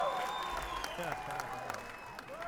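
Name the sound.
crowd applauding and cheering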